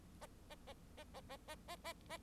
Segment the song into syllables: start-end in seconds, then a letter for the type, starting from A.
0.21-0.26 A, 0.50-0.55 A, 0.67-0.73 A, 0.97-1.04 A, 1.14-1.21 A, 1.28-1.37 A, 1.48-1.55 A, 1.68-1.76 A, 1.84-1.93 A, 2.09-2.17 A